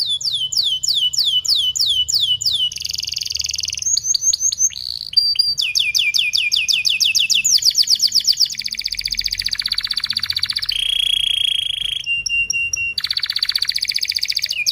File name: Suara Kenari Gacor Speed Rapat Cuit Cuit Ngerol Tajam